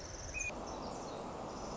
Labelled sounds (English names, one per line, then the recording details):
Pacific Wren
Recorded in Sonoma County, California